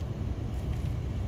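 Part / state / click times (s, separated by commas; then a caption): wire terminal into automotive connector housing / not seated / none. A crimped wire terminal is handled at a new plastic automotive connector housing during a connector repair, before being pushed in to lock. Only a steady low-frequency rumble and faint broadband noise are heard, with no sharp transients. Nothing has seated or clicked yet.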